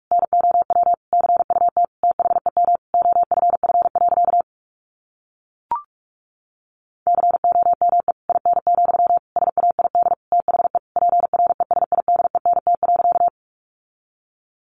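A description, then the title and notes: A steady tone of roughly 700 Hz keys out Morse code, words sent as rapid bursts of short and long beeps with brief gaps between letters. One short blip falls near six seconds within a pause of about three seconds, then the sending resumes and stops around thirteen seconds. Sentences from Top 1000 Words 45wpm. First, the words are sent in Morse code.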